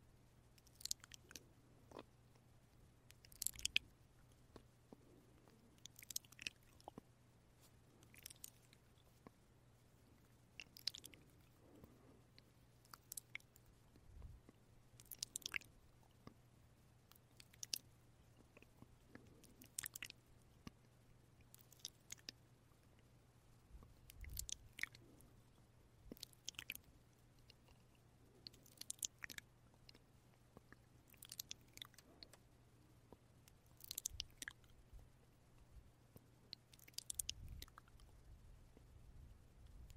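Wet mouth sounds and kiss-like smacks pop up every second or two, each a short crisp click with a bright sticky edge. Between them sits a steady low hum, and the pace stays loose and irregular throughout.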